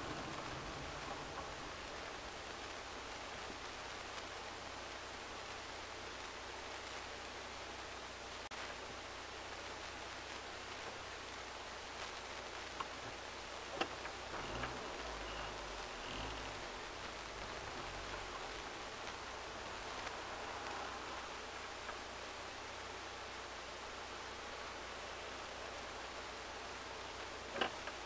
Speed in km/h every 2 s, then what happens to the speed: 6, 2, 0, 0, 0, 0, 0, 0, 0, 0, 0, 0, 0, 0.
2-28 standing.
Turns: none.